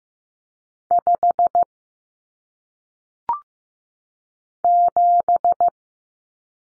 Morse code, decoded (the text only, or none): 5 7